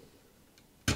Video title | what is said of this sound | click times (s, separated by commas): 5070 TI Install guide: Everything you need to know about 12vhpwr cable and how to SAFELY install it | And you're just going to slide it in. You got to hear a click | 0.9 s